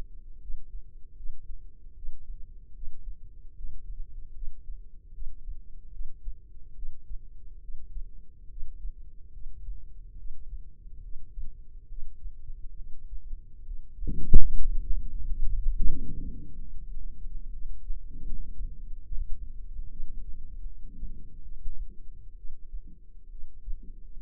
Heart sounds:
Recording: heart sounds by microphone in the left ear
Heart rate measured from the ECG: 73 bpm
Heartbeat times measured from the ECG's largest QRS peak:
0.42 s: heartbeat
1.17 s: heartbeat
1.96 s: heartbeat
2.75 s: heartbeat
3.56 s: heartbeat
4.35 s: heartbeat
5.14 s: heartbeat
5.93 s: heartbeat
6.76 s: heartbeat
7.62 s: heartbeat
8.50 s: heartbeat
9.33 s: heartbeat
10.18 s: heartbeat
11.03 s: heartbeat
11.89 s: heartbeat
12.77 s: heartbeat
13.66 s: heartbeat
14.54 s: heartbeat
15.23 s: heartbeat
15.90 s: heartbeat
16.59 s: heartbeat
17.53 s: heartbeat
18.22 s: heartbeat
19.04 s: heartbeat
19.91 s: heartbeat
20.65 s: heartbeat
21.43 s: heartbeat
22.37 s: heartbeat
23.31 s: heartbeat
24.21 s: heartbeat
From the record:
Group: healthy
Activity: Valsalva maneuver 0-19 s, rest 19-24 s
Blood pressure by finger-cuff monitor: 113/79 mmHg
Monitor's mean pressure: 93 mmHg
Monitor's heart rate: 75 bpm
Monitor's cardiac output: 6.4 L/min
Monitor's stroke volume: 85 mL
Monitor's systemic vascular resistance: 1120 dyn s/cm5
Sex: female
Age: 22 years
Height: 161 cm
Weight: 65.5 kg

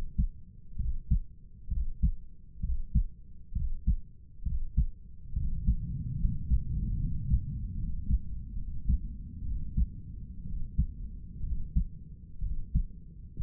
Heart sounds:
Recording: heart sounds by stethoscope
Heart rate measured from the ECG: 67 bpm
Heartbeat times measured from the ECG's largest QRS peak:
0.80 s: heartbeat
1.72 s: heartbeat
2.64 s: heartbeat
3.56 s: heartbeat
4.46 s: heartbeat
5.37 s: heartbeat
6.20 s: heartbeat
7.00 s: heartbeat
7.78 s: heartbeat
8.57 s: heartbeat
9.46 s: heartbeat
10.47 s: heartbeat
11.44 s: heartbeat
12.43 s: heartbeat
13.41 s: heartbeat
From the record:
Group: healthy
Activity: rest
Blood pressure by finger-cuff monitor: 140/92 mmHg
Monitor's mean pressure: 105 mmHg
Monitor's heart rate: 66 bpm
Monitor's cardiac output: 6.9 L/min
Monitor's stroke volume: 105 mL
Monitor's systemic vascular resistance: 1140 dyn s/cm5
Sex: male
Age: 30 years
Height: 188 cm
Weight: 110.2 kg

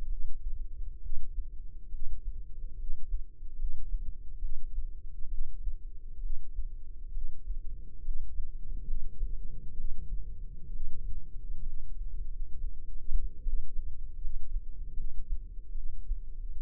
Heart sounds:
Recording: heart sounds by microphone in the left ear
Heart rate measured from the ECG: 69 bpm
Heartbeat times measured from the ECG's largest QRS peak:
0.06 s: heartbeat
0.99 s: heartbeat
1.88 s: heartbeat
2.75 s: heartbeat
3.55 s: heartbeat
4.38 s: heartbeat
5.28 s: heartbeat
6.19 s: heartbeat
7.11 s: heartbeat
8.01 s: heartbeat
8.84 s: heartbeat
9.74 s: heartbeat
10.69 s: heartbeat
11.62 s: heartbeat
12.26 s: heartbeat
13.41 s: heartbeat
14.17 s: heartbeat
14.93 s: heartbeat
15.72 s: heartbeat
From the record:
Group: healthy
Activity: rest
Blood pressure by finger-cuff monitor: 138/78 mmHg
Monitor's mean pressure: 98 mmHg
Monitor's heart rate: 67 bpm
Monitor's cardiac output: 6.4 L/min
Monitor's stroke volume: 94 mL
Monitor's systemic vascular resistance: 1120 dyn s/cm5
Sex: female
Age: 22 years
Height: 171 cm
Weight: 65.6 kg

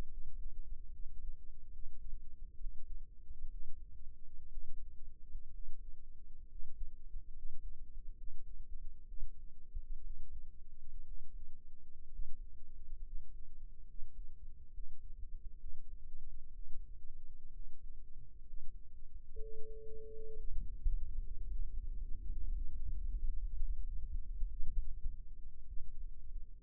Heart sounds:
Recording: heart sounds by microphone in the right ear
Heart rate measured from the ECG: 66 bpm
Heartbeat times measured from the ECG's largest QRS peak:
0.07 s: heartbeat
0.91 s: heartbeat
1.70 s: heartbeat
2.56 s: heartbeat
3.48 s: heartbeat
4.49 s: heartbeat
5.50 s: heartbeat
6.47 s: heartbeat
7.32 s: heartbeat
8.15 s: heartbeat
9.05 s: heartbeat
10.00 s: heartbeat
11.03 s: heartbeat
12.08 s: heartbeat
13.02 s: heartbeat
13.85 s: heartbeat
14.71 s: heartbeat
15.57 s: heartbeat
16.51 s: heartbeat
17.51 s: heartbeat
18.43 s: heartbeat
19.38 s: heartbeat
20.36 s: heartbeat
21.21 s: heartbeat
21.97 s: heartbeat
22.74 s: heartbeat
23.56 s: heartbeat
24.49 s: heartbeat
25.67 s: heartbeat
From the record:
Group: healthy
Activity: rest 0-25 s, breath hold 25-27 s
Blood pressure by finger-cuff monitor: 99/53 mmHg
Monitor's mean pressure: 71 mmHg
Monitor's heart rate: 65 bpm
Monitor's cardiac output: 6.8 L/min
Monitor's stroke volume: 106 mL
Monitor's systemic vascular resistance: 720 dyn s/cm5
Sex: male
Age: 22 years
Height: 181 cm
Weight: 79 kg

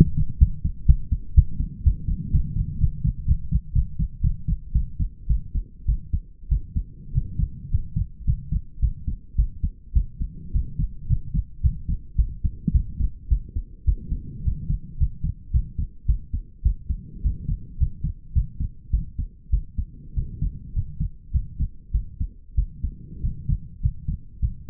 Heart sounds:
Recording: heart sounds by stethoscope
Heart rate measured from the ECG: 107 bpm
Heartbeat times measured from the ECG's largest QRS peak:
0.39 s: heartbeat
0.87 s: heartbeat
1.35 s: heartbeat
1.84 s: heartbeat
2.32 s: heartbeat
2.79 s: heartbeat
3.26 s: heartbeat
3.73 s: heartbeat
4.22 s: heartbeat
4.73 s: heartbeat
5.28 s: heartbeat
5.86 s: heartbeat
6.49 s: heartbeat
7.13 s: heartbeat
7.70 s: heartbeat
8.25 s: heartbeat
8.80 s: heartbeat
9.36 s: heartbeat
9.94 s: heartbeat
10.52 s: heartbeat
11.08 s: heartbeat
11.61 s: heartbeat
12.16 s: heartbeat
12.72 s: heartbeat
13.29 s: heartbeat
13.85 s: heartbeat
14.44 s: heartbeat
14.98 s: heartbeat
15.52 s: heartbeat
16.06 s: heartbeat
16.63 s: heartbeat
17.22 s: heartbeat
17.78 s: heartbeat
18.33 s: heartbeat
18.91 s: heartbeat
19.51 s: heartbeat
20.14 s: heartbeat
20.73 s: heartbeat
21.32 s: heartbeat
21.92 s: heartbeat
22.55 s: heartbeat
23.21 s: heartbeat
23.81 s: heartbeat
24.40 s: heartbeat
From the record:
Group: healthy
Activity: rest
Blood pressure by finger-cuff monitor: 106/68 mmHg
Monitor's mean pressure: 79 mmHg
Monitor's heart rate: 107 bpm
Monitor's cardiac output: 8.3 L/min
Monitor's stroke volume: 77 mL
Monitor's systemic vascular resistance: 690 dyn s/cm5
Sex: female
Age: 19 years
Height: 163 cm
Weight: 48.9 kg

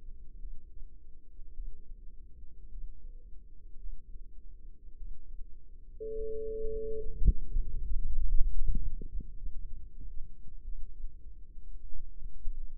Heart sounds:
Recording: heart sounds by microphone in the left ear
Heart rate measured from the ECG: 52 bpm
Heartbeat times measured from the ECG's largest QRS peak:
0.38 s: heartbeat
1.53 s: heartbeat
2.69 s: heartbeat
3.78 s: heartbeat
4.96 s: heartbeat
6.14 s: heartbeat
7.22 s: heartbeat
8.03 s: heartbeat
9.37 s: heartbeat
10.64 s: heartbeat
11.83 s: heartbeat
From the record:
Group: healthy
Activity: rest 0-6 s, breath hold 6-13 s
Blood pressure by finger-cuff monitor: 101/63 mmHg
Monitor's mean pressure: 76 mmHg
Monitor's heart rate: 52 bpm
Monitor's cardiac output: 4.8 L/min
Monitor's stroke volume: 92 mL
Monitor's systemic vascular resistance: 1130 dyn s/cm5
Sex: female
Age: 28 years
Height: 170 cm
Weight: 77 kg

